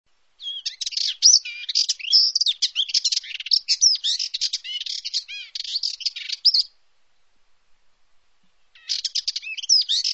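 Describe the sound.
Bird calls: a rapid run of high, bright chirps and twitters, sharply varied and almost continuous, pausing for about two seconds before resuming.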